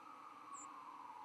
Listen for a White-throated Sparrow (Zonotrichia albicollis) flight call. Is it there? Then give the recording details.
yes. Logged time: 04:53 on 11 November 2014